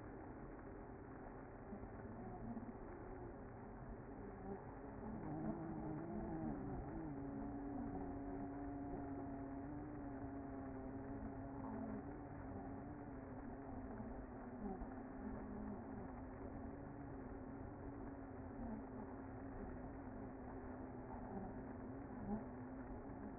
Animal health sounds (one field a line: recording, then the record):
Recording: honeybee colony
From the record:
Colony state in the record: active